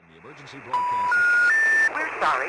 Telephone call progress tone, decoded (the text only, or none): special information tone